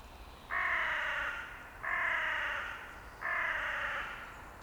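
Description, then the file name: Carrion crow cawing: three hoarse, grating caws of even length, repeated at a steady pace about every one and a half seconds. "Corvus corone"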